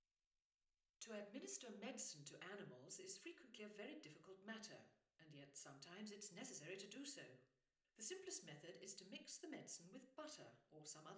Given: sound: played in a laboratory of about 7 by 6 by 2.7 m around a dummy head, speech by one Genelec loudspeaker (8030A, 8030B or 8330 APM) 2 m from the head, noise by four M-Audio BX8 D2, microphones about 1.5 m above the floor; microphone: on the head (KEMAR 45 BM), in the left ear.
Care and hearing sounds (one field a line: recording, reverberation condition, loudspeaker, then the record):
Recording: female speech in English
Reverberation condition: medium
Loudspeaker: 60 degrees to the left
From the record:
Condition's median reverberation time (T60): about 510 ms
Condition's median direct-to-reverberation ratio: about -0.5 dB